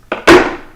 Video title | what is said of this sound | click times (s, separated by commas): Gear Review: F40C4TMP 20 Qt Cooler (like Yeti cooler, REI Cooler, Ozark Trails Cooler) | do like that it pops in between these plastic parts so easy and just sort of locks in place so you can leave it like that | 0.1 s